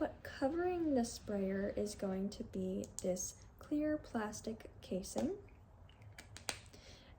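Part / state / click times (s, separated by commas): clear plastic cap onto spray bottle sprayer head / seated / 6.5 s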